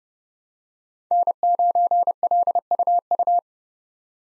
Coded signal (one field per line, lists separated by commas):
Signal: Morse code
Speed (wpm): 30 wpm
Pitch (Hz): 700 Hz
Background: none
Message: N9LUU